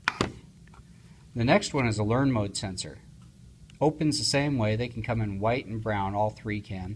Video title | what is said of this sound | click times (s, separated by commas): How to Replace Door/Window Sensor Batteries in ITI, GE & Interlogix. Part # NX-650N & Older | so you put the slot in on this side and squeeze it down until it snaps in place on the other side | 0.1 s